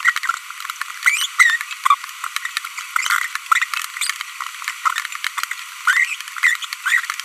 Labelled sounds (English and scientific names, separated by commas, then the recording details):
Green-rumped Parrotlet (Forpus passerinus) babbling
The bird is a female
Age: 25 days
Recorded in a nest box in Venezuela
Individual 17B42B1